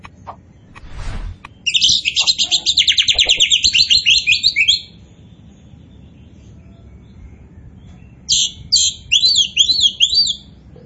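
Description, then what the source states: Oriental magpie-robin singing a long rapid series of buzzy, warbling notes, then a pause, then a shorter burst of sweeping whistled phrases; a brief knock before the song. Kacer poci type of Oriental magpie-robin, described as gacor (singing vigorously and continuously).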